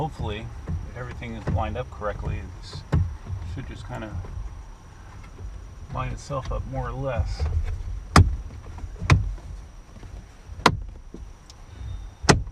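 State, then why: Seated. Someone talks while lining up a plastic accent trim piece and pressing it into the dashboard of a 2016 Tacoma truck. Its clips snap home with loud, sharp clicks at 8.2, 9.1, 10.7 and 12.3 seconds, and the trim is seated.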